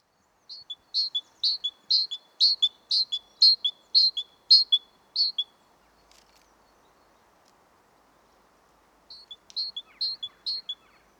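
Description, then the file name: Great tit song of rapid repeated two-note phrases, a long run of about ten pairs, then a shorter, softer burst. "Parus major"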